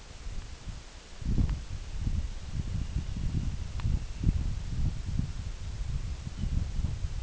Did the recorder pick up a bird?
yes